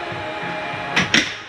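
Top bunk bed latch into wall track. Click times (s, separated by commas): 1.0 s, 1.1 s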